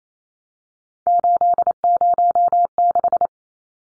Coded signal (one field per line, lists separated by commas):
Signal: Morse code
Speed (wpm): 28 wpm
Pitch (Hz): 700 Hz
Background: none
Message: 806